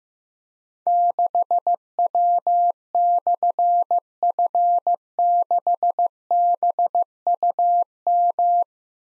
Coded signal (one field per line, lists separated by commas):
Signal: Morse code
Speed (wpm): 15 wpm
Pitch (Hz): 700 Hz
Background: none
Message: 6W/F6BUM